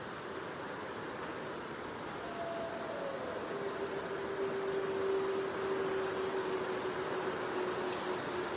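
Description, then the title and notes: Wolf howl, one long steady low tone that slides down and holds for several seconds, over a constant shrill insect chorus. Distant pack of wolves howling at night on the prairie under moonlight. "Wolves Howling in the Night: Sleep Soundscape. A distant pack of wolves call in the peace and serenity of the prairie under the light of the moon"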